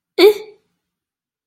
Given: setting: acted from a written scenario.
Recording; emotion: vocal sound without words; neutral